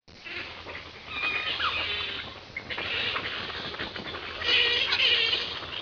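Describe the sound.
Grey-headed flying fox chatter: harsh, buzzy squabbling calls with scratchy high notes overlapping continuously, growing louder near the end.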